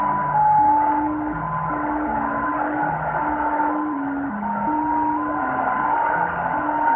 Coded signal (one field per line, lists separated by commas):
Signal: JT65, JT9 or WSPR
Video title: 7078 KHZ JT65 LSB captada en Mendoza (ARG) con Tecsun PL-660